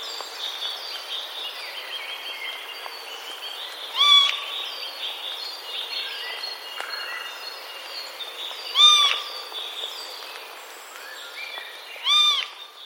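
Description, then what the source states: Eurasian jay giving three brief, even, harmonic calls spaced several seconds apart. Recorded on 30 March 2021.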